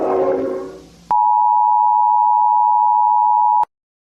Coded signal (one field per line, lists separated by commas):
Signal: Emergency Alert System (SAME) tones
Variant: 853 and 960 Hz attention tone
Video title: 30 New EAS Alarm Requested By @RosalinaTheCute2K